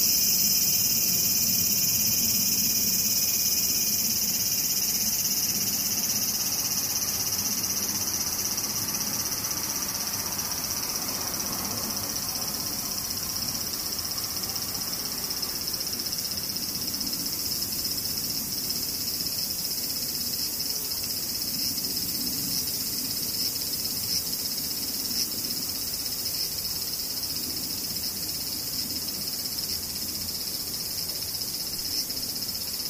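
Cicadas keep up a dense, unbroken shrill drone for the whole recording, very high and bright with a thinner buzzing layer just beneath it. The level stays nearly constant throughout. A faint low rumble, perhaps traffic, sits underneath.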